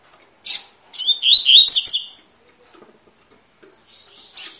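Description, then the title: Double-collared seedeater song: a sharp note, then a fast warbled phrase of crisp chirps, followed by quiet, a thin whistle and another sharp note. Tui-tui song with fibra quality, a tutor song for teaching young birds. "COLEIRO TUI TUI FIBRA CANTO PROFESSOR"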